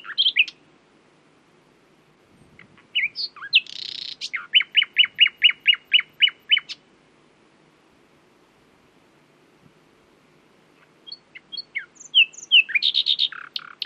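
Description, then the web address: Common nightingale song: phrases separated by pauses, with a fast run of repeated sharp notes around four seconds in, then a varied burst of chirps near the end. "owen Common Nightingale (Luscinia megarhynchos)"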